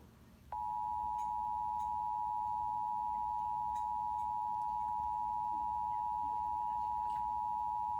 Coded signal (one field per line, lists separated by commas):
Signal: Emergency Alert System (SAME) tones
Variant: 853 and 960 Hz attention tone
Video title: September 2020 Fredericksburg RMTs(EAS 174-177)